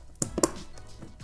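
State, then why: Seated. A DDR4 memory stick is lowered evenly into a motherboard DIMM slot and pressed from the top until the slot latches close. Two sharp clicks are heard at 0.2 s and 0.4 s, with fainter taps around them. The stick is snapped in place, locked and fully seated.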